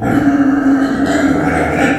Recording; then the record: squeal of a Yucatan mini pig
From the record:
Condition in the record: after surgery on the right vocal fold (resection and tissue-engineered implant); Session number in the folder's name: 3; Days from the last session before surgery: 21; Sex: female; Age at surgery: 19 weeks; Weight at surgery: 25 kg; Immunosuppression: prednisolone